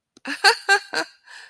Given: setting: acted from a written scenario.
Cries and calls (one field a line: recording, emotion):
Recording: vocal sound without words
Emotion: amusement